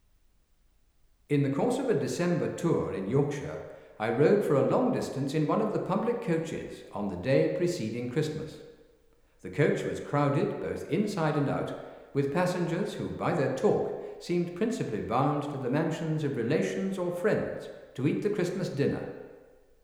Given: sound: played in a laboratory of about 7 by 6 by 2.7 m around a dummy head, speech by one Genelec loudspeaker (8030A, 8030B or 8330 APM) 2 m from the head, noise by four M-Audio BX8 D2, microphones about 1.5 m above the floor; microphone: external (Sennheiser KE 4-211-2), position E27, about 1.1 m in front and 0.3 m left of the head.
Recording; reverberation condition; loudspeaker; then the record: male speech in English; high; in front (0 degrees)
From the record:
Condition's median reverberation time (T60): about 1300 ms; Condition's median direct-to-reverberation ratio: about -4.0 dB